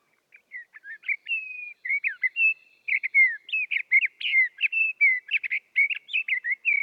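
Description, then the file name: Sage thrasher giving an extended warbling song, many quick chirps and slurred whistles tumbling together in a continuous stream. "Sage Thrasher Oreoscoptes montanus"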